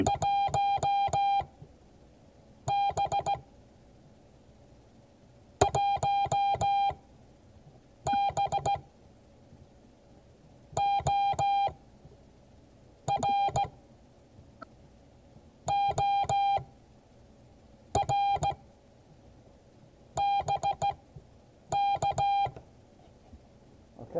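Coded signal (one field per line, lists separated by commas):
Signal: Morse code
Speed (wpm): 16 wpm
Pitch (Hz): 800 Hz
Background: none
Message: 1B 1B OR OR BK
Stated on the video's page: Morse code class.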